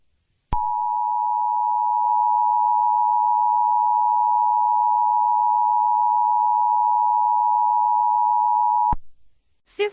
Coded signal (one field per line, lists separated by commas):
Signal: Emergency Alert System (SAME) tones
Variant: 853 and 960 Hz attention tone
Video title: emergency alert system 01